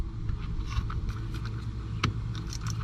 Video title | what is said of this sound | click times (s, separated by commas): Carbon Fiber Heated Steering Wheel for 2020-2025 Toyota Highlander Part 2 | snap in all that stuff, and kind of give them a little tug test just to make sure they're good and tight in there. | 0.9 s, 2.0 s